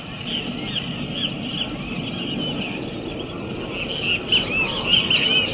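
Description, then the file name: Cattle tyrant song: faint squeaky notes at first, then a clearer burst of high, sharp twittering chirps near the end, over steady rumbling background noise. "canto do suiriri Cavaleiro"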